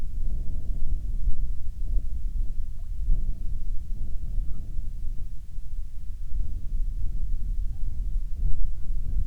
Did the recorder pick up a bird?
no